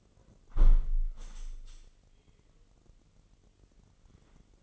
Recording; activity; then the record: daily activity, microphone in the room; close window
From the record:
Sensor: 4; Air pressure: 998.8 hPa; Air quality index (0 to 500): 118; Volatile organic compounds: 2 ppm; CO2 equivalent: 1156 ppm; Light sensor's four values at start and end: 9/23/9/10 and 9/23/9/10